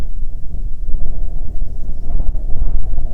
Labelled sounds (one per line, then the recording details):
wind
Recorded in the Arctic National Wildlife Refuge, Alaska, on 9 July 2019 at 22:13
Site 48